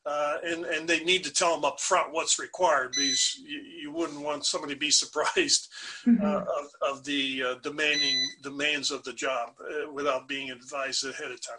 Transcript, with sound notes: and they need to tell them upfront what’s required, because you wouldn’t want somebody to be surprised (Laughs) of the demands of the job without being advised ahead of time.